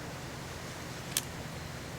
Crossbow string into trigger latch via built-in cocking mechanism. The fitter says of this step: till it clicks and